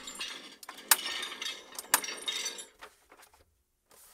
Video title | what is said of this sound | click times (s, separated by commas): Marvel Legends Infinity Gauntlet Review | you'll hear that snap and what | 0.9 s